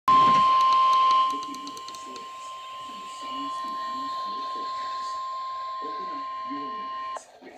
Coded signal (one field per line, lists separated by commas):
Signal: Emergency Alert System (SAME) tones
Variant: 1050 Hz attention tone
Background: speech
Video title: Tornado Warning Piatt Macon IL (EAS 380)